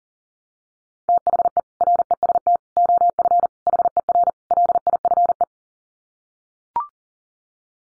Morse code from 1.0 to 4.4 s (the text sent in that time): THE REST OF HER